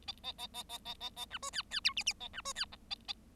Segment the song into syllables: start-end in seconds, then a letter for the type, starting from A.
0.07-0.12 A, 0.23-0.32 A, 0.38-0.47 A, 0.54-0.63 A, 0.69-0.78 A, 0.85-0.94 A, 1.00-1.09 A, 1.16-1.25 A, 1.30-1.38 B, 1.42-1.50 C, 1.52-1.62 D, 1.70-1.80 D, 1.84-1.93 E, 1.96-2.03 F, 2.06-2.13 F, 2.20-2.28 A, 2.33-2.41 B, 2.44-2.53 C, 2.55-2.65 D, 2.72-2.76 G, 2.90-2.95 A, 3.08-3.13 A